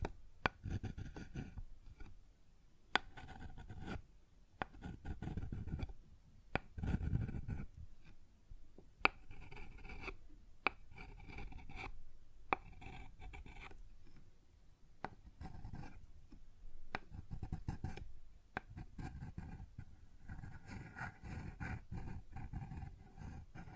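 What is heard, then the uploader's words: Scraping and rubbing sounds on a wooden surface come in irregular bursts with brief pauses, each carrying a low, rumbling body. Sharp knocks or taps cut through now and then, around 3, 9, 15 and 17 seconds. ASMR Sounds on Wooden Surface (No Talking).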